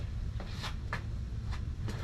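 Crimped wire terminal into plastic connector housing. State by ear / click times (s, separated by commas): seated / 0.9 s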